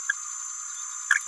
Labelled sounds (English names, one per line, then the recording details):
Green-rumped Parrotlet babbling
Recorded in a nest box in Venezuela
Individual 18B17A3